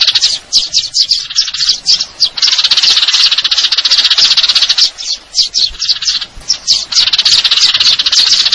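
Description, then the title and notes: Eurasian tree sparrow chatter: sharp high chirps in quick, uneven runs, merging into long trilled stretches. Fighting-style call with long trills, clear sound; a masteran training recording for contest birds; local name burung gereja. "GEREJA TARUNG NEMBAK PANJANG SUARA JERNIH MASTERAN WAJIB BURUNG LOMBA. Burung Gereja"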